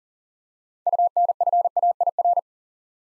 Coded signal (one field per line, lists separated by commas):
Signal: Morse code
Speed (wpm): 39 wpm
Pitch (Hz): 700 Hz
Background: none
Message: UNFAIR